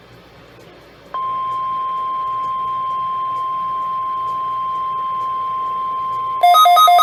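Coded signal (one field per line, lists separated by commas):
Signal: Emergency Alert System (SAME) tones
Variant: 1050 Hz attention tone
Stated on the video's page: Required weekly tests, one of which failed.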